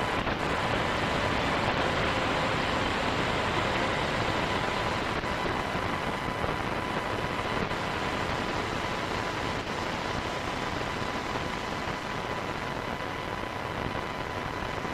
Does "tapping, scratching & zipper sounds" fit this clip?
no